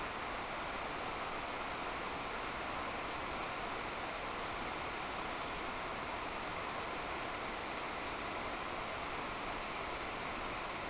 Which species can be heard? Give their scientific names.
none